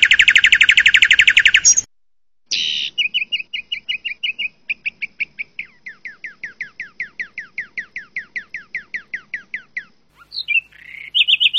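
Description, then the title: Asian pied starling song, a loud rasping buzz, then a steady series of short falling whistles repeated about four per second, ending with chattering notes. "Jalak Suren"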